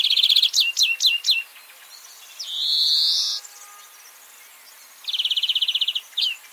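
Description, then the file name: European greenfinch: a quick trill and several sharp chirps, then a long nasal wheeze, and another fast trill ending in a brief chip. "Chloris chloris"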